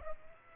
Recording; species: mosquito wingbeat signal from an infrared sensor; Aedes aegypti